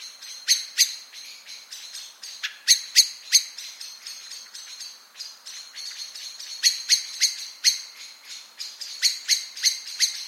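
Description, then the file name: Eurasian blackbird repeating clipped, metallic chink notes in uneven clusters, some louder, others faint, over several runs. "Turdus merula"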